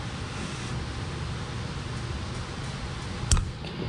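A small metal crimp ring fitting for an air-conditioning hose on a 1968 Charger with a 5.7 Hemi swap is wiggled and pressed down onto the hose end with a 13 mm deep-well socket around its outside, since it does not simply snap in by hand. A steady broadband hiss and low rumble run throughout until a sharp double metallic click at 3.3 s and 3.4 s marks the fitting seating home.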